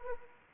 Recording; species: mosquito wingbeat signal from an infrared sensor; Anopheles arabiensis